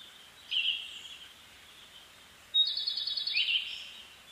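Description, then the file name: Siberian thrush song: a short slurred note, then a longer buzzy, pulsing trill. Recorded 2 June 2010 at 03:44. "mamijiro-20100602-0344"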